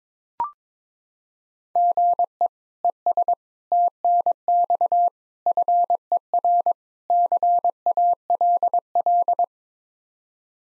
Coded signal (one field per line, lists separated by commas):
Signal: Morse code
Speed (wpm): 22 wpm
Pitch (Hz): 700 Hz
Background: none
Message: GE ES TNX FER CALL